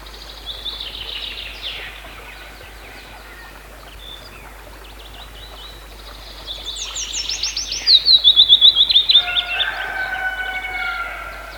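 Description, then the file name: Willow warbler song: a faint phrase at first, then a louder falling phrase of quick clear notes in the second half. "penochka vesnichka"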